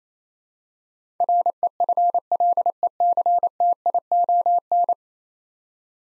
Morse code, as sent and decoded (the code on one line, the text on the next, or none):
.-. . ..-. .-.. . -.-. - .. --- -.
REFLECTION